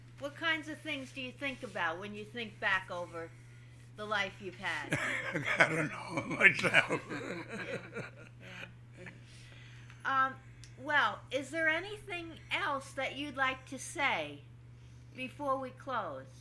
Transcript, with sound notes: What kinds of things do you think about when you think back over the life you've had?
I don't know exactly. ( he laughs )
Well, is there anything else that you'd like to say before we close?